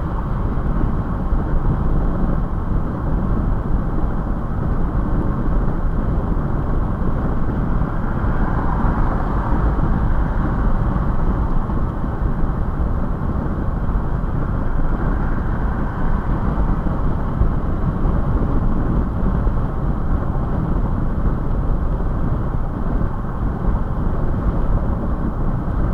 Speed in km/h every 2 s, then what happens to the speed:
105, 105, 105, 105, 105, 105, 105, 105, 105, 105, 105, 105, 105.
0-26 steady at about 105.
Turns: none.